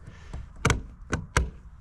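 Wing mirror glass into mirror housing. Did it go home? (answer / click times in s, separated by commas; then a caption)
yes / 0.6 s, 1.4 s. A wing mirror glass is lined up on its freshly painted plastic mirror shell, which is dirty and wet, and pressed home by hand. Sharp knocks are heard, with the glass clicking into the housing at about 0.7 s and 1.4 s, leaving it seated.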